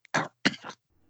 That cough was a little rough.